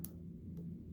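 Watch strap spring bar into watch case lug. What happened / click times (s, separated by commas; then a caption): The spring bar did not seat in the lug / none. A spring bar on a watch strap is pushed into the lug hole of a watch case. A short, sharp tick sounds at 0.05 s, with a fainter one near 0.6 s over a steady low hum. The spring bar has not gone into the lug and has not seated or clicked into place yet.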